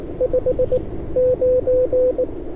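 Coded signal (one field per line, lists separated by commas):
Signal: Morse code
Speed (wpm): 20 wpm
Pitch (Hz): 500 Hz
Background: radio noise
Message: 59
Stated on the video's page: Morse at 18 wpm during a POTA CW activation from a state park, IC-705 with Ashi paddle and homebrew 49:1 inverted-vee.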